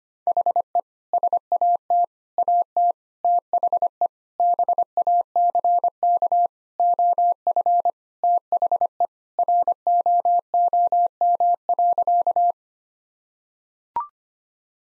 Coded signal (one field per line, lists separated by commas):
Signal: Morse code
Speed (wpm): 25 wpm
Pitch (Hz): 700 Hz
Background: none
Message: HE SAT AT THE BACK OF THE ROOM.